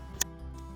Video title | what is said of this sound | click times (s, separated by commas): Install: Lexus NX200T, NX300, and NX300 2015-2017/2018-2019/2015-2021 Start-X Remote Start | Then, connect the T-harness. Make sure you hear the click. | 0.2 s